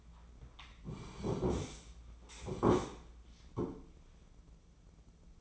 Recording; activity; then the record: daily activity, microphone in the room; sit down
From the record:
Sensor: 1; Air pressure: 996.0 hPa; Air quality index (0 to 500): 235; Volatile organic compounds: 1000 ppm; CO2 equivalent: 6836 ppm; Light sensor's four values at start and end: 33/80/35/41 and 34/85/36/43